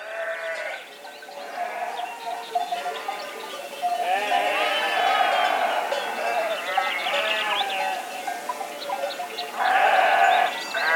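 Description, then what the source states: Sheep bleating, several overlapping wavering calls from multiple animals, some high and some lower, nearly continuous throughout. Sheep in an enclosure.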